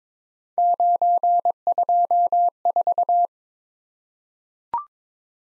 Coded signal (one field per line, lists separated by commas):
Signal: Morse code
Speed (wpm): 22 wpm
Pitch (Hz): 700 Hz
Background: none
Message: 924